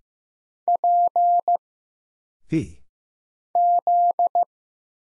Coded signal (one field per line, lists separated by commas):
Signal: Morse code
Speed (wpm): 15 wpm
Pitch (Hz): 700 Hz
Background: none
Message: P Z